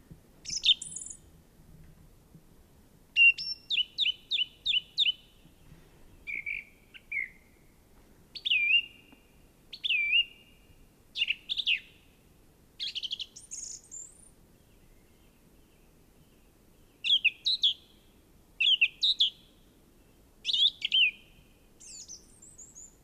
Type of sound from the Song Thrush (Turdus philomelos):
song